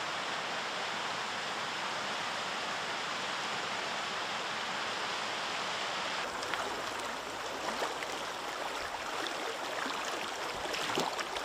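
Rushing water fills a mountain forest setting, a dense, steady hiss like a stream. Just past six seconds the sound shifts, turning rougher and slightly louder, with quick splashes and crackles scattered through the rest of the clip.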